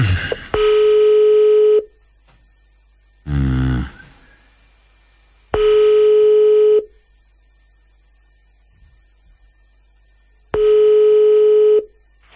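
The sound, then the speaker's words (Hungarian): Telephone line tones as a call goes through to a listener on the Rádió 1 morning show: three identical buzzy, steady tones about a second long, evenly spaced several seconds apart, with a brief warbling burst between the first two. “Hívjuk a naphallgatóját, aztán elbúcsúzunk.”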